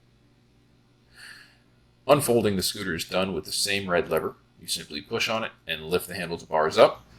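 A Transport M folding mobility scooter is being unfolded by pushing its red lever and lifting the handlebars, so the metal frame latch can lock the unfolded tiller. A faint brief sound comes at about 1.2 s, then someone talks from about 2.1 s to the end. Nothing has seated or clicked yet.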